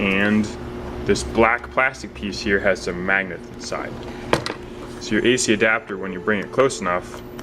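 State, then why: Not seated. Someone talks while an AC adapter with a piece of steel epoxied to it is brought toward a black plastic holder with magnets inside, in a carrying case. Brief handling sounds are heard under the speech. Nothing has snapped into place yet.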